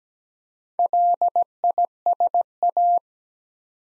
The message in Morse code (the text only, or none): LISA